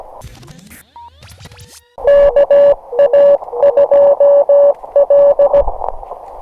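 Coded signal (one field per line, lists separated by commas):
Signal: Morse code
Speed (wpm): 17 wpm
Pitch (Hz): 570 Hz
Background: none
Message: KA2L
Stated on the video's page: Morse callsign copy practice, each callsign sent three times.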